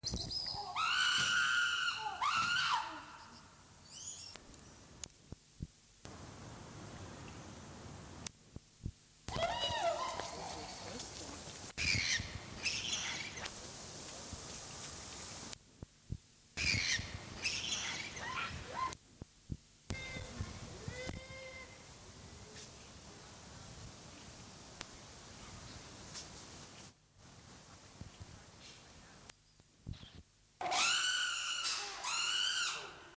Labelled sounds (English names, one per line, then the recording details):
Chimpanzee
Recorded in captivity
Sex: group
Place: Zoo Berlin, Berlin, DE
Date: 2003-09-26 18:15
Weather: heiter, 16-17°C
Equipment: Fair Mate ST-1328 (Asahi Electronics, Japan), Sennheiser ME 80, Kopie Uher 4000 Report Monitor
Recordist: Tembrock, Günter
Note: Gruppe: diverse Laute